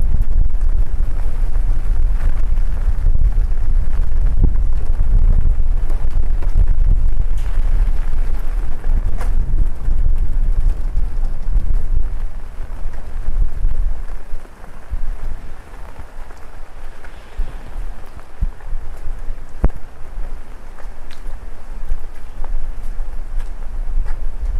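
Rain patters steadily over a heavy low rumble of city traffic that eases after about fifteen seconds, with faint scattered clicks and taps.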